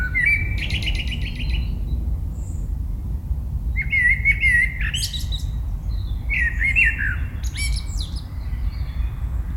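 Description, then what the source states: Eurasian blackbird song, rich warbled phrases with thin high twittering endings, separated by brief pauses, over constant low-pitched background rumble. Recorded in 2018.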